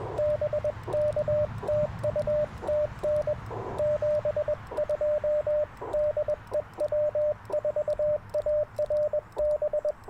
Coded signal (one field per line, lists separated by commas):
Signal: Morse code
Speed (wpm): 22 wpm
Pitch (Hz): 600 Hz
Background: radio noise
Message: BKTUTN 72DEW4ARB